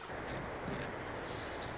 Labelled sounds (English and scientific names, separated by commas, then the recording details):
Pacific Wren (Troglodytes pacificus)
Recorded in Sonoma County, California